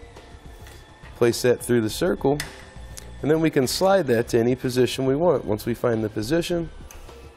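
A spring-loaded single-stud metal Tow-Rax tie-down anchor is being handled in a circular O-style mounting track, pushed in and ready to slide to a chosen position and rotate so it locks in place. Someone talks through most of the clip, with only faint handling noise beneath. Nothing has seated or clicked yet.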